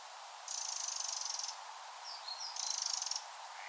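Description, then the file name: Eurasian wren churring: two fast, rattling bursts roughly two seconds apart, with a couple of short faint chirps between them. "Troglodytes troglodytes"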